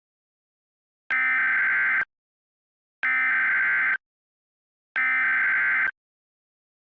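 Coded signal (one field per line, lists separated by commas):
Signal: Emergency Alert System (SAME) tones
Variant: header bursts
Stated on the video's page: Mock national practice/demo warning, a simulated alert rather than a real broadcast.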